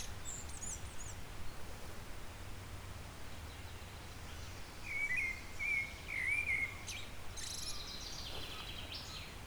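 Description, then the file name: Eurasian blackbird producing a short, quiet warbled phrase past the midpoint, followed by a brief high twitter from another bird over soft background noise. "Turdus merula"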